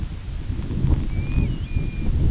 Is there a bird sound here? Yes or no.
yes